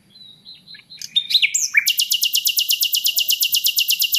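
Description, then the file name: Common nightingale gives a few varied notes and a short rising whistle, then breaks into a fast, steady trill of repeated notes. "Luscinia megarhynchos"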